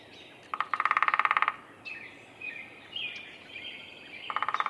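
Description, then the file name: Downy woodpecker drumming, a rapid roll of about a second, with a second roll starting near the end; other birds chirp and whistle between. Drumming; recorded at a bird sanctuary in Minnesota. "Picoides pubescens drumming Roberts Bird Sanctuary, Minnesota"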